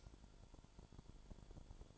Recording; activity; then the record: daily activity, microphone in the room; light off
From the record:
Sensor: 5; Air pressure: 1008.0 hPa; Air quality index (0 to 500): 100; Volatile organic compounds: 1 ppm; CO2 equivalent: 783 ppm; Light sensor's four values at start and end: 37/86/35/36 and 37/86/35/36